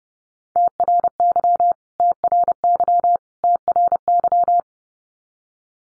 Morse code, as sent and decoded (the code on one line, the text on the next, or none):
- .-. -.-- / - .-. -.-- / - .-. -.--
TRY TRY TRY